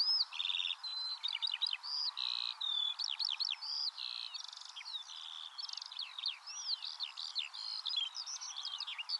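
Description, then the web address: Eurasian skylark singing a nonstop high warble of quick slurred notes, short trills and buzzy fragments, running unbroken throughout. "cianscape birddata Deverinetal 2025 File origin Bird Only Al Ar"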